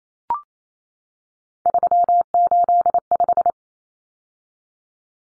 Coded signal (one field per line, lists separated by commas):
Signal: Morse code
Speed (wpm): 28 wpm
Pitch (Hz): 700 Hz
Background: none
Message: 385